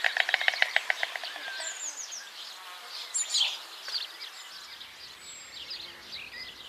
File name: white stork